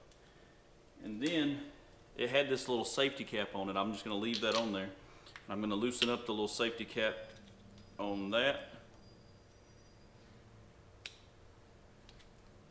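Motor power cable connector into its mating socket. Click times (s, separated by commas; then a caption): 11.1 s. A man talks while loosening the safety cap on a plastic motor power cable connector and pushes it into its matching socket on a Bixpy kayak motor kit. A sharp click at 11.1 s marks the connector popping in, and it is seated.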